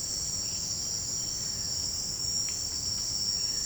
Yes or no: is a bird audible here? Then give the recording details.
no. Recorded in secondary vegetation near Puerto Asís, Putumayo, Colombia, on 21 March 2025 at 17:00. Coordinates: 0.502, -76.326. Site G100